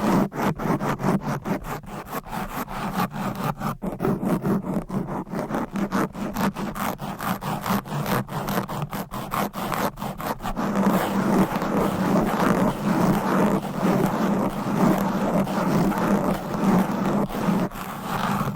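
Long nails scratch fast and aggressively across a microphone, a dense rasping scrape with a low rumbling body. For the first ten seconds the strokes come in rapid, evenly repeated bursts with brief gaps; afterward the scratching turns continuous and slightly louder and brighter.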